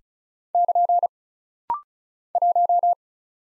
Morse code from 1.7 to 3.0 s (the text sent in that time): 1